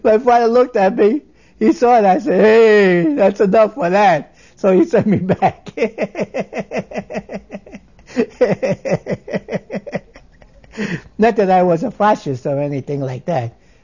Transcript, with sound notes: My father looked at me, he saw it, he said, "Hey, that's enough of that." So he sent me back. ( he laughs ) Not that I was a Fascist, or anything like that.